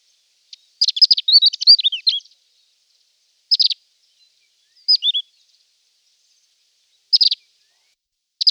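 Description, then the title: Reunion olive white-eye singing a rapid twittering phrase of high slurred notes, followed by short chirpy bursts spaced a second or two apart. "Plecir3un. Kicau reunion olive white eye"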